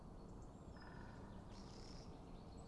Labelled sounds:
Great Spotted Woodpecker (Dendrocopos major)
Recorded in Germany
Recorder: ecoPi

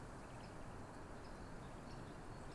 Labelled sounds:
Great Spotted Woodpecker (Dendrocopos major)
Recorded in Germany
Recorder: ecoPi

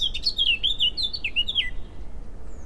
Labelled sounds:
Eurasian Blackcap (Sylvia atricapilla)
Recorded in Germany
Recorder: ecoPi

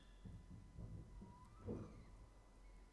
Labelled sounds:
Tawny Owl (Strix aluco)
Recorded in Germany
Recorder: ecoPi

